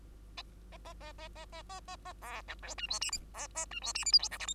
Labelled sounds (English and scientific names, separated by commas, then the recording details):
Bengalese Finch (Lonchura striata domestica) song
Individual Bird2